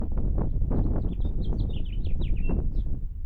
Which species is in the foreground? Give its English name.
House Finch